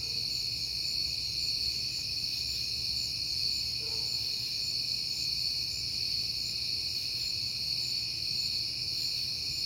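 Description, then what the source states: Cricket: steady high chirping from a chorus of crickets, continuous and even in volume, with one faint short tone partway through. On a peaceful night in September.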